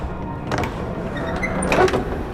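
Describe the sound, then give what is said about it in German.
An old church door creaks open on loose hinges in January 1522, with thin, high squeaks riding over a steady rattling scrape that swells briefly before fading. “Die Tür hält sich kaum in den Angeln.”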